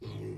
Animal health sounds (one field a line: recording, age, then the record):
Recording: pig call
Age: weaner (32 to 43 days)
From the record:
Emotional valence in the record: positive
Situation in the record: positive conditioning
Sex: female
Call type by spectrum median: low-frequency call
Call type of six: low-frequency stable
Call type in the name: low-frequency stable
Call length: 0.38 s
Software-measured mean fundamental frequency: 45 Hz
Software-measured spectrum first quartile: 123 Hz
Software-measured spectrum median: 260 Hz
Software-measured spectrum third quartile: 481 Hz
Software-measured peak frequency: 366 Hz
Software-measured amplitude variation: 108 dB a second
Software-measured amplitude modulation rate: 30.0 a second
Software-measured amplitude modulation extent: 3.6 dB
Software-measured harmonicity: 1.1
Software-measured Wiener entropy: -0.09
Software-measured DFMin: 860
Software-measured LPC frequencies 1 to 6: 342, 2137, 3396, 4183, 5322, 6330 Hz